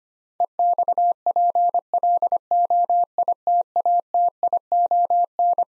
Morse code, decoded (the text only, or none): EXPLOITATION